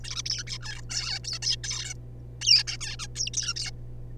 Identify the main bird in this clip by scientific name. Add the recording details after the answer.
Taeniopygia guttata. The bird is a juvenile. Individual R3549